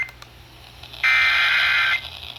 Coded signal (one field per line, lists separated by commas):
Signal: Emergency Alert System (SAME) tones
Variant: header bursts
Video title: EAS- VEF Severe Thunderstorm Warning (SVR-D) San Bernardino County over WXM66 and KIXA-FM(9/1/23)